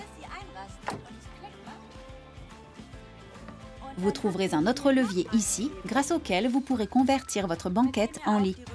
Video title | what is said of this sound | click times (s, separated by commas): Ford Nugget Vidéo explicative - roadsurfer Camper Cabin | tirer le siège vers l'avant jusqu'à entendre un clic | 0.9 s